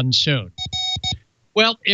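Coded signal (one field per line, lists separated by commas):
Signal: none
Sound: show transition jingle beeps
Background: speech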